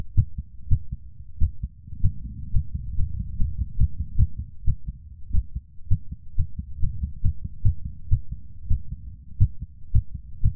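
Low heart sounds in paired beats, roughly 70 a minute, with spacing that drifts faster and slower, plus a faint low hum between beats. This is normal sinus arrhythmia, a harmless rate variation that follows breathing.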